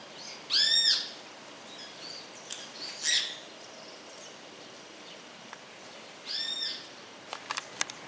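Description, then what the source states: Great kiskadee call: harsh arched notes near the start and again after six seconds, separated by quieter chirps, ending with a few sharp clicks. Calling to its chicks.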